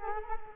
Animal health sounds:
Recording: mosquito wingbeat signal from an infrared sensor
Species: Culex quinquefasciatus

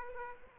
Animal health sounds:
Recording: mosquito wingbeat signal from an infrared sensor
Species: Aedes aegypti

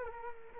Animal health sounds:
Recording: mosquito wingbeat signal from an infrared sensor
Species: Culex quinquefasciatus

